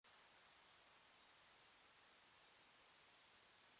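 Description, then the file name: European robin calling with two quick bursts of very high, sharp stuttering notes, about five to seven per burst, spaced roughly two and a half seconds apart against faint background hiss. "Erithacus rubecula"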